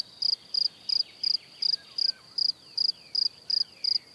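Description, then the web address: Cricket chirping song: short high chirps of several pulses, evenly repeated about three times a second, over a faint steady high hum. "Kurs PTTK Przyroda Ptaki Świerszcze"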